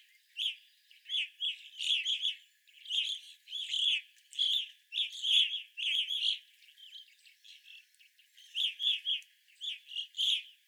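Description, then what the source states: Evening grosbeaks giving short burry chirping calls in quick clusters, several birds overlapping, with brief pauses between bursts. Several evening grosbeaks recorded 25 April 2021.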